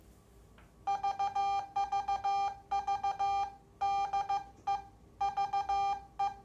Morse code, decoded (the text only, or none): VVV DE VE